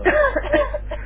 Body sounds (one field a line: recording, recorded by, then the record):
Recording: voluntary cough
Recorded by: telephone call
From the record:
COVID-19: positive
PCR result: checked with the laboratory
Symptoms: yes